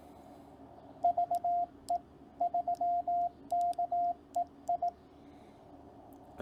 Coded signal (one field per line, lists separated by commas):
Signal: Morse code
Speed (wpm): 18 wpm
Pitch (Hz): 700 Hz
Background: radio noise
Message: VE3KEI